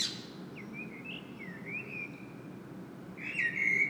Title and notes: Saint-Gilles, Belgique - Blackbird singing. Le merle chante. Sony PCM-M10 internal microphone